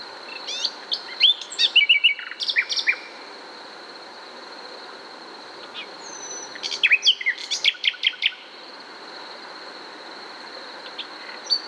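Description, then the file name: Common nightingale song: two bursts of varied phrases with sharp chirps, whistled slurs and rapid repeated notes, separated by pauses, over a steady high-pitched whine. "Luscinia megarhynchos"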